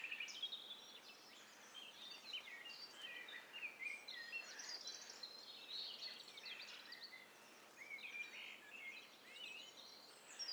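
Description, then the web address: Birds in a busy mixed chorus, with many chirps and trilled phrases crowding one another throughout, over background noise. Stereo mix of several birds calling at once. "Hi Fi STEREO BIRD COCKTAIL PARTY"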